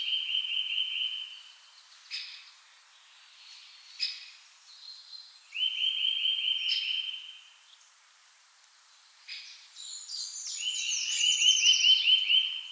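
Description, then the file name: Eurasian nuthatch repeating quick upslurred whistles in fast trilled runs, three bouts separated by pauses, while other birds add sharp high notes and chatter. "Sitta europaea"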